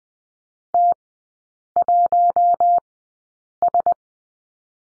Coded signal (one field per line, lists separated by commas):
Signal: Morse code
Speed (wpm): 20 wpm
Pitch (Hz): 700 Hz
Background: none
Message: T1S